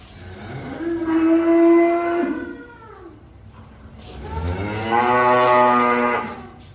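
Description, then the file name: Cow giving a higher, plaintive drawn-out call followed by a deeper full moo. "suara sapi"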